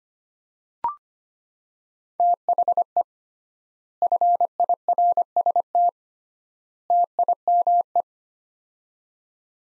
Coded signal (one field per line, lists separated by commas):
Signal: Morse code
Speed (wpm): 25 wpm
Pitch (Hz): 700 Hz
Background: none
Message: THE FIRST TIME